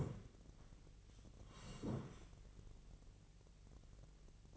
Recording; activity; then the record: daily activity, microphone in the room; sit down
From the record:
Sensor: 4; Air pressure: 1013.1 hPa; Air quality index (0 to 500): 168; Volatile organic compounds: 2 ppm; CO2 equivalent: 1066 ppm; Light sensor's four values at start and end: 52/128/54/58 and 52/128/54/58